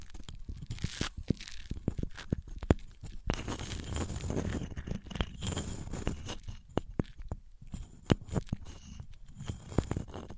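Material handling sounds, objects like wood, cork, sponge, foam, glass or plastic being rubbed, pressed or tapped. Sharp clicks and knocks land irregularly throughout, with a denser stretch of scraping and crinkling around the middle, between three and six seconds.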